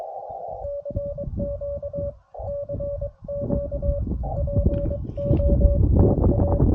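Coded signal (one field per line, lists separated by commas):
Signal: Morse code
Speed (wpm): 23 wpm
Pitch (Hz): 570 Hz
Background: radio noise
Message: CQ CQ POTA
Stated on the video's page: CW POTA activation at 100 watts with an EFHW on a mast, during a geomagnetic storm with very poor band conditions.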